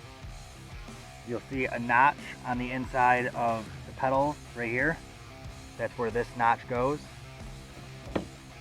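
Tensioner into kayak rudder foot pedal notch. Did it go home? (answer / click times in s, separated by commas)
yes / 8.2 s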